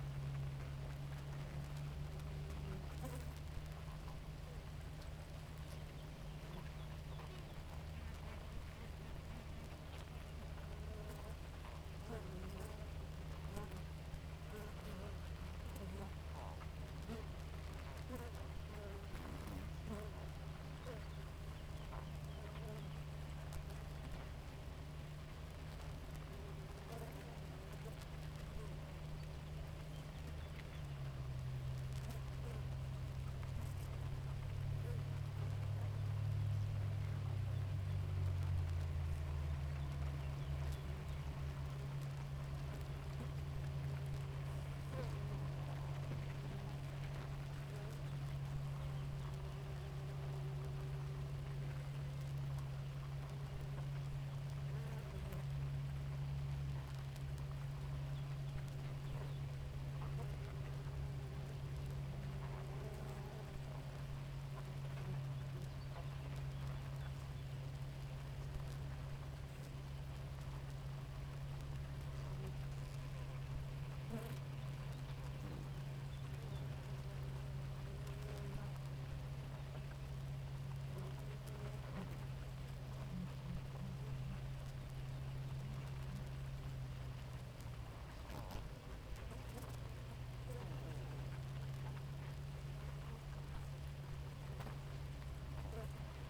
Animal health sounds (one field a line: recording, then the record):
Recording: honeybee colony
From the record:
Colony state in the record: active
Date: 28 July 2017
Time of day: 4:17